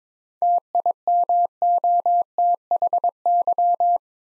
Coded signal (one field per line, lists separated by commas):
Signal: Morse code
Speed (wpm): 22 wpm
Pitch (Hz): 700 Hz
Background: none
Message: TIMOTHY